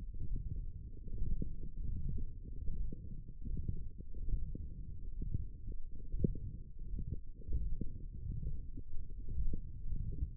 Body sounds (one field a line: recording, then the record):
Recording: forearm muscle sounds (acoustic myography)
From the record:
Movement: forearm pronation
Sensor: system 1, eight BSWA MPA416 microphones around the upper forearm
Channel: 1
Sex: male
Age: 23 years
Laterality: right